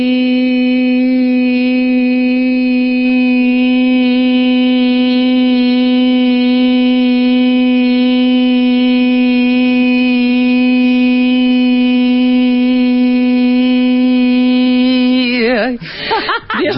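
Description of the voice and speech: Adult woman's voice holding a steady sustained vowel for about 15 seconds, ending with a brief unsteady break. Maximum phonation time of 18 seconds, normal (usual range above 12 seconds), showing the vocal folds are closing sufficiently.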